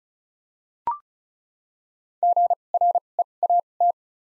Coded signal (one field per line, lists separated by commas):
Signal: Morse code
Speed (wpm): 36 wpm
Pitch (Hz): 700 Hz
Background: none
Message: G R E A T